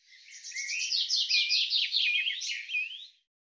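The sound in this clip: Bird song: a single three-second phrase of rapid chirping notes, laced with a lower sliding whistle, that fades out at the end.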